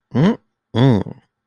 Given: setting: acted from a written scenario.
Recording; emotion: vocal sound without words; ecstasy